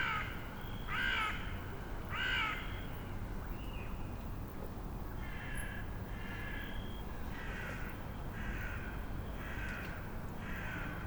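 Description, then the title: Crows giving harsh, nasal caws, a couple of loud calls early and then a looser series of overlapping caws, over steady low background rumble. Group of crows resting on a crane at a construction site in Vienna, spontaneously beginning to caw. "Cuervos en Viena"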